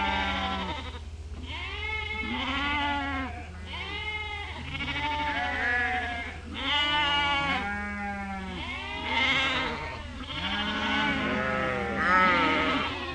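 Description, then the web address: Sheep and lambs bleating continuously, many overlapping quavering calls of varied pitch, over a constant low hum. Adult sheep and lambs. "Sheep and Lambs Bleating"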